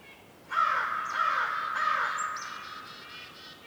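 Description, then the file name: Crow giving hoarse caws with echo. Crow calls echoing on a winter forest morning in the North Laurentian woods, Canada. "WINTER Forest morning crow calls echoing and various birds chirps, North Laurentian Woods, Canada"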